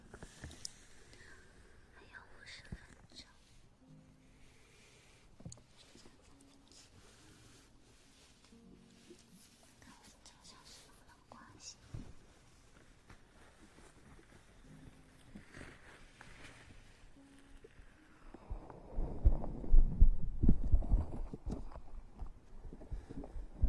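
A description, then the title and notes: Ear eating and ear massage, with soft wet mouth sounds, light clicks and smacks scattered through the first half over a quiet, steady hush. Around nineteen seconds, heavy muffled rubbing and thumping swells up, much louder and deeper, before easing slightly near the end. Maid Ear Eating & Ear Massage.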